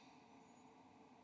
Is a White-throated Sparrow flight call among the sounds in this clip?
no